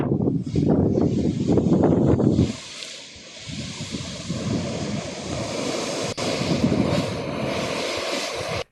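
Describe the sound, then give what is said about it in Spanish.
Water bubbles and gushes up from a valve in Pichanal, Salta, in a steady, churning rush, with low rumbling surges that are strongest in the first couple of seconds, then settle into a continuous hiss. “No, y ahí está hirviendo la, la válvula. Mira cómo hierve.”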